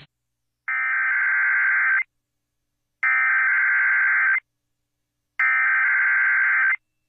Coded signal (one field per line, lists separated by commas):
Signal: Emergency Alert System (SAME) tones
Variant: header bursts